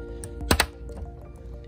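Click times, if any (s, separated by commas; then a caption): 0.5 s, 0.6 s. An on/off rocker switch is pressed into its cut-out in the port of a plastic electric skateboard battery enclosure. Two sharp clicks at 0.5 s and 0.6 s are heard over a steady background hum, with a few faint ticks around them. The switch clicks into place and is seated securely.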